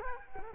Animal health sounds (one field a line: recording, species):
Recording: mosquito wingbeat signal from an infrared sensor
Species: Culex quinquefasciatus